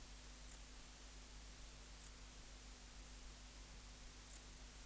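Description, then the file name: Dark bush-cricket song: three brief, very high chirps spaced unevenly over about five seconds against a faint steady hum. "Pholiodoptera grisecaptera"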